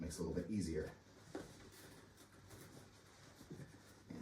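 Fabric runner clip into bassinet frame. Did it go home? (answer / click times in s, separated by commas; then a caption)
no / none. Someone talks while handling the textile of a Bugaboo Fox 5 bassinet, working the plastic fabric runner clip onto the bassinet frame by pressing with the tag above the clip. Speech is followed by soft rubbing and handling sounds, with one brief sharper knock at 1.4 s. Nothing has seated or clicked yet; the runner clip is not yet home when the clip ends.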